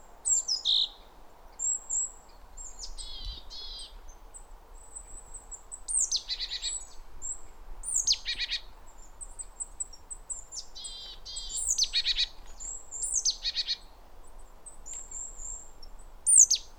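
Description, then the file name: Great tit calling in repeated bursts: steep falling high notes followed by rapid, harsh churring rattles, several bouts throughout, with faint thin whistles behind. "Parus major"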